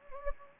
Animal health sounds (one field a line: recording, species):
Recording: mosquito wingbeat signal from an infrared sensor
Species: Anopheles gambiae